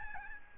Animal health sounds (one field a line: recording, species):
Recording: mosquito wingbeat signal from an infrared sensor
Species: Aedes albopictus